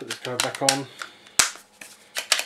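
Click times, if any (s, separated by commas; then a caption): 1.4 s, 2.3 s. Someone talks, then the sliding plastic top cover of a gun-shaped controller attachment is put back on over the controller. Loud snaps ring out at 1.4 s and 2.3 s as the cover seats, leaving the attachment ready to use.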